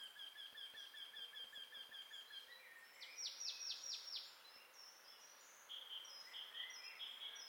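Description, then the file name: Marsh tit calling, with fast ticking high notes giving way to a rapid string of about five downslurred notes, then scattered short chirps afterwards. "Poecile palustris"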